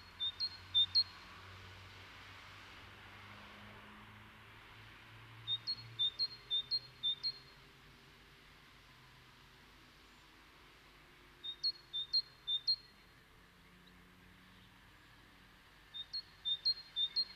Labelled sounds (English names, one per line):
Great Tit call